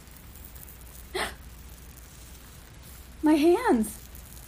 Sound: gasping